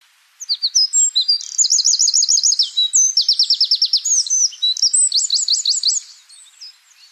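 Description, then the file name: Eurasian wren singing a long, energetic burst of high, piercing notes mixed with quick buzzy trills, lasting about five and a half seconds before stopping. "Troglodytes troglodytes"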